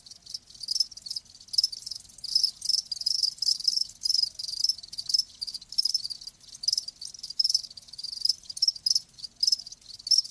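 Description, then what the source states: Cricket chorus of dense, high trilling chirps, overlapping and nearly continuous with small irregular breaks. Live crickets chirping, as a sleep sound.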